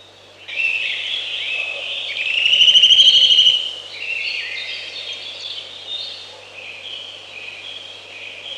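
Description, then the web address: Eurasian nuthatch song, a brief rapid trill of high piping notes, with softer bird calls and chirps continuing around it. "Przyroda Ptaki Kowalik"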